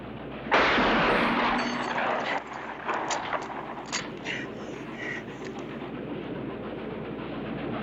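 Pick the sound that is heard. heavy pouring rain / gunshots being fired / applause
gunshots being fired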